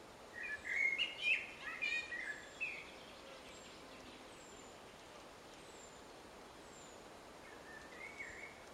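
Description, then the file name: Common blackbird singing one rich, mellow warbled phrase lasting about two seconds, then quiet, with faint thin whistles from other birds in the background. "Turdus merula"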